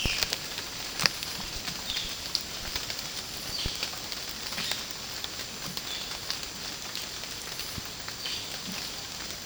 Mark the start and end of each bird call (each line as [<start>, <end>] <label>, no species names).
[0.00, 8.48] bird call